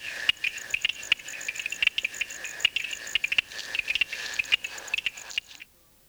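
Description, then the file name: Stonemason toadlet calls, sharp tapping clicks repeated rapidly over a steady high hum, ending abruptly near the close. "Uperoleia lithomoda"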